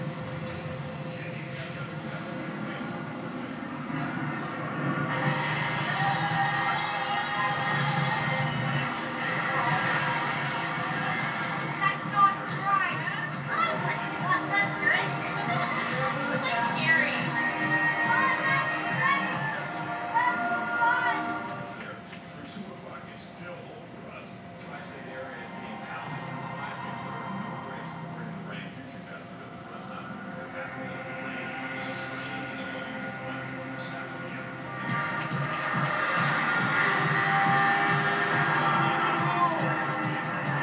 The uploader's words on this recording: Coney Island Arcade I, Walk Around, Chatter, Light TV by Bandeto.